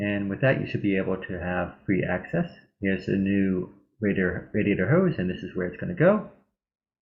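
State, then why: Not seated. Someone talks while holding up a new upper radiator hose for a BMW, part 17127599452, with a plastic quick-connect end, and shows where it goes on the radiator/expansion tank port. Nothing has seated or clicked yet.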